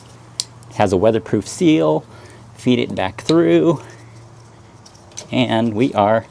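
A Diode Dynamics hitch-mount brake and backup light's weatherproof wiring plug is pushed into its mating harness connector on a Tacoma. A sharp click sounds at 0.4 s as the plug seats, and someone talks throughout the clip.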